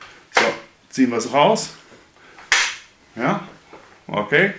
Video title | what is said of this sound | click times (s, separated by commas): SIHOO Ergonomischer Bürostuhl, Chefsessel mit 3D verstellbare Armlehne und Lendenwirbelstütze - TEST | wir das jetzt wieder raus steht und direkt wieder nach vorne geht ja dann seid ihr eingerastet sehen | 0.4 s